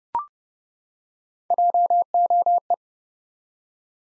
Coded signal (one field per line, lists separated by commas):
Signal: Morse code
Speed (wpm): 30 wpm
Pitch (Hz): 700 Hz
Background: none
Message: JOE